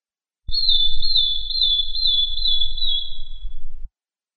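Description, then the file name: Madi injap song: one sustained high trill, gently undulating and slowly dropping in pitch, lasting over three seconds above a faint low rumble. "suara kicauan burung madi injap"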